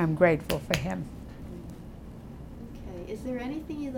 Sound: sound of pats

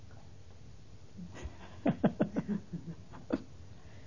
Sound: they laugh

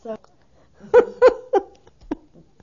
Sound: they laugh

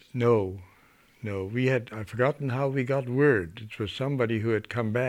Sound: none

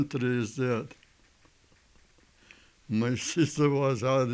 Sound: laughs

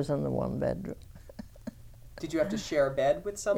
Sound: she laughs

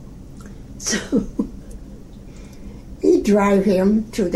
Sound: laughs

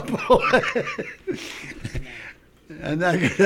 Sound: he laughs

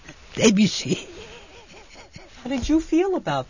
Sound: she laughs

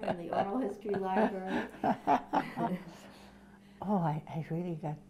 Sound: they laugh

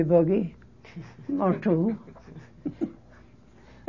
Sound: laughs

